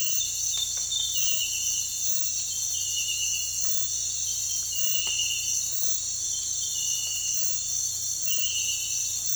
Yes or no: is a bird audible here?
no